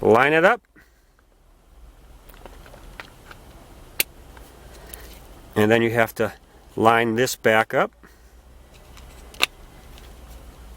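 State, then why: Seated. Someone talks while lining a Ford Focus door handle part, with its new reinforcement, back up on its handle assembly and pushing it home, with small handling clicks and a sharp tick around 4.0 s. A sharp, loud snap at 9.4 s marks the part locking into place, and a tug on it confirms it is held.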